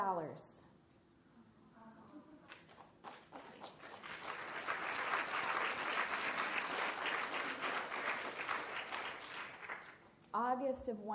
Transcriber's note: applause